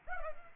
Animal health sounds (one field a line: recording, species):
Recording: mosquito wingbeat signal from an infrared sensor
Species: Culex pipiens